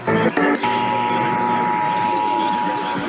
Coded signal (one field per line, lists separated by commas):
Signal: Emergency Alert System (SAME) tones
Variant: 853 and 960 Hz attention tone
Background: speech, music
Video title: Los Angeles Required Monthly Tests (EAS #5372-5427) 11/30/21